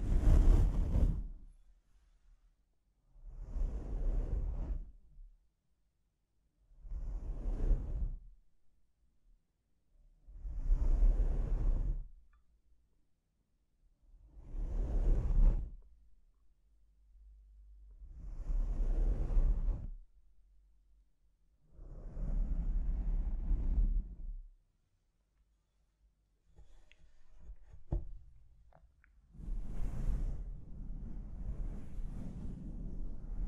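Mic scratching comes in a series of rough, noisy bursts, each lasting one to two seconds, repeating roughly every three to four seconds. The rasping strokes are heaviest in the low end with a thin hiss above, separated by near silence, with a faint tick around 26 seconds.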